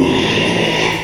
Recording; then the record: squeal of a Yucatan mini pig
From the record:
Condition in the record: after surgery on the right vocal fold (resection and tissue-engineered implant); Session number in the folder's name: 1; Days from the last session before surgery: 6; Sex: male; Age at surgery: 12 weeks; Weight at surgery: 13 kg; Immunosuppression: cyclosporine, prednisolone